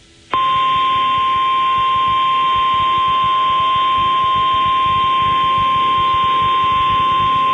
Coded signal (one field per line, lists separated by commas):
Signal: Emergency Alert System (SAME) tones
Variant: 1050 Hz attention tone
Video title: Flash Flood Emergency Extension on KHPR-FM EAS #535